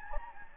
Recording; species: mosquito wingbeat signal from an infrared sensor; Anopheles gambiae